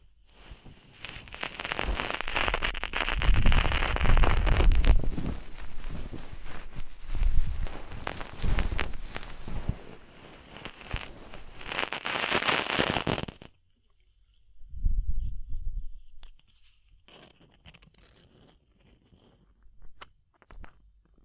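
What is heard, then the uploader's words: Ear cleaning with dense, crackly scraping and rustling for thirteen seconds, low thumps underneath, then quieter scattered crackles and a brief muffled rumble. DEEP Ear Penetrating Cleaning.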